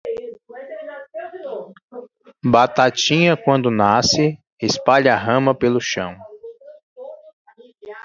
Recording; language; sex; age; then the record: short text; Brazilian Portuguese; male; 40 to 49 years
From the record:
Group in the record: control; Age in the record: 41 years